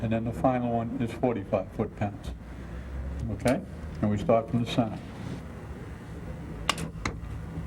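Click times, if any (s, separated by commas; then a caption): 6.7 s, 7.1 s. A click-type torque wrench tightens an aluminum cylinder head bolt on a flathead V8, making the first pass at 25 ft-lb and starting from the center. Someone talks over light background noise, and then the wrench gives two sharp clicks at 6.7 s and 7.1 s, showing the 25 ft-lb setting has been reached.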